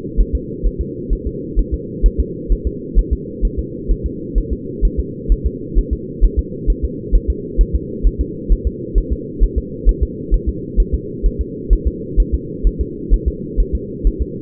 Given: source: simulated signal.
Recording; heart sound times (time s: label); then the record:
fetal heart sounds
0.20 s: S1
0.35 s: S2
0.66 s: S1
0.81 s: S2
1.13 s: S1
1.27 s: S2
1.59 s: S1
1.74 s: S2
2.06 s: S1
2.20 s: S2
2.52 s: S1
2.67 s: S2
2.99 s: S1
3.13 s: S2
3.45 s: S1
3.59 s: S2
3.91 s: S1
4.06 s: S2
4.38 s: S1
4.53 s: S2
4.85 s: S1
5.00 s: S2
5.32 s: S1
5.47 s: S2
5.78 s: S1
5.93 s: S2
6.24 s: S1
6.39 s: S2
6.70 s: S1
6.84 s: S2
7.15 s: S1
7.30 s: S2
7.61 s: S1
7.75 s: S2
8.07 s: S1
8.21 s: S2
8.52 s: S1
8.67 s: S2
8.98 s: S1
9.12 s: S2
9.43 s: S1
9.58 s: S2
9.89 s: S1
10.03 s: S2
10.34 s: S1
10.49 s: S2
10.80 s: S1
10.94 s: S2
11.26 s: S1
11.41 s: S2
11.73 s: S1
11.88 s: S2
12.20 s: S1
12.34 s: S2
12.67 s: S1
12.81 s: S2
13.14 s: S1
13.28 s: S2
13.60 s: S1
13.75 s: S2
14.07 s: S1
14.22 s: S2
From the record:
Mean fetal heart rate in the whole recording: 130 bpm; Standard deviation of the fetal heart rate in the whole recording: 2 bpm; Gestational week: 36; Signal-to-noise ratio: -4.1 dB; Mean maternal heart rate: no maternal heart sound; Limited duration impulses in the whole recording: absent